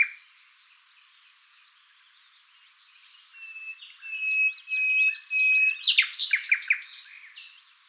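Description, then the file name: Common nightingale beginning softly with several long, pure, level whistles, then breaking into a loud, fast burst of sharp notes. "Luscinia megarhynchos"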